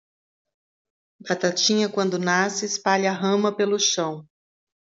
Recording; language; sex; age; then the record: short text; Brazilian Portuguese; female; 40 to 49 years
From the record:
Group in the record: control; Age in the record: 47 years